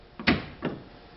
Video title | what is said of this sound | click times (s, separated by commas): Installing an inboard motor in a small boat Update 8 of 13 | you lift it up hear it click right | 0.3 s